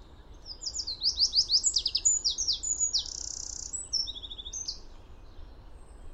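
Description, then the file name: Eurasian wren pouring out a fast, high-pitched song of quick descending notes and a rattling trill. "Troglodytes troglodytes"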